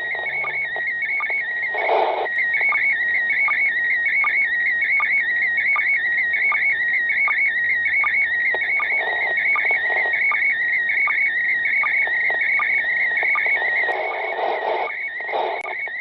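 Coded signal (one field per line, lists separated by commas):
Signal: SSTV (slow-scan television)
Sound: warbling tone shifting between pitches, with regular short low chirps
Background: radio static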